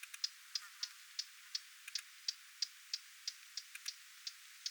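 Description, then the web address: Lesser whitethroat giving sharp, dry clicking ticks in a steady series, roughly three per second, some notes coming in quick pairs. Adult female giving attention calls near its fledglings, 20 July 2026. "paivat 20 7 2026 kuvien hernekerttulintuemon huomioaantelya lentopoikastensa lahella"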